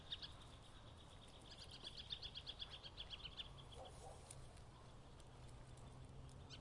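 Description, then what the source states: Bird giving a rapid, high trill of repeated notes for a few seconds, over a soft low hum. Suburban atmosphere with birds.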